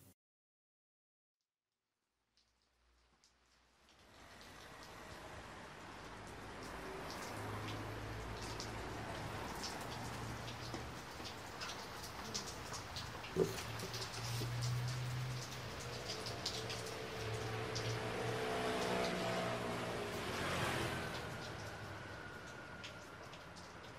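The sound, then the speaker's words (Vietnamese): Steady rain hisses and patters throughout, with a low engine rumble and the swish of a bus's tires rolling slowly over a slippery wet road, fading in after a few seconds of silence. “Chiếc xe buýt ngày mưa gặp mặt đường trơn trượt nên chỉ có thể chậm chậm lăn bánh.”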